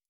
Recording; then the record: hydrophone in a shrimp aquaculture tank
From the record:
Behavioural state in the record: feeding